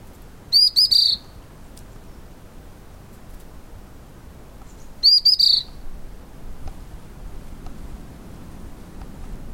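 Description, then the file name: White-browed fulvetta singing two short, thin, high-pitched phrases of three or four rapid notes, separated by about four seconds of quiet hiss. "fulvetta-white-browed Fulvetta-vinipectus"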